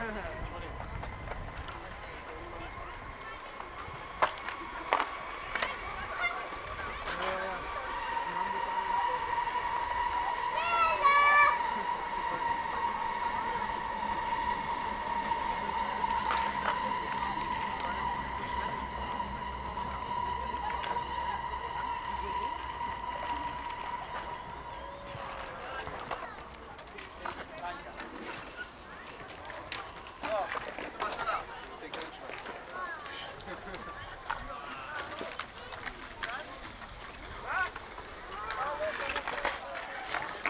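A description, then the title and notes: Outdoor park sounds beside a railway line, with voices and occasional footsteps or small knocks. From about 7 to 25 seconds a steady high whine or hum hangs over the scene, likely a passing train, then fades, leaving scattered voices and clicks against a light background. Park am Gleisdreieck. Situated next to the heavily serviced train line between Berlin and Leipzig there exists a park full of playing children, rollerbladers, joggers and lovers.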